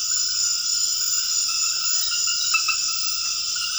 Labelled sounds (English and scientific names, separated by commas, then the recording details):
none
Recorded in dense forest near Puerto Asís, Putumayo, Colombia, on 12 March 2025 at 20:30
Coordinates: 0.484, -76.325
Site G045